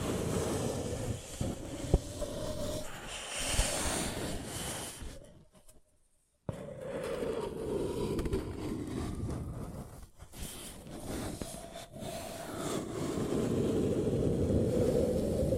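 Paper cup sounds crinkle and rustle in a dense, continuous crackle, with scratchy textures shifting in tone and loudness. Near-silence falls from about five to six and a half seconds, followed by brief dips around ten and twelve seconds before the crinkling swells again.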